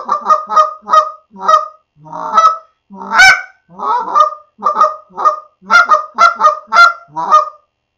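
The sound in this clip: Canada goose honking, a rapid series of loud nasal honks, about two per second, with a few harsher, longer notes midway through.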